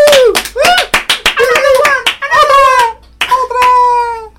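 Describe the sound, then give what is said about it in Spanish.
A short burst of audience applause, with sharp scattered claps mixed with high, gliding cheers and whoops that rise and fall over a few seconds. “El público también aplaude, mire, como se ve la boleta.”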